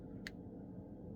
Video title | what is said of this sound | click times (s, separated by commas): How to fix Samsung S23 ULTRA Not Charging - Solution | and you can hear the click sound when you put your cable in. | 0.3 s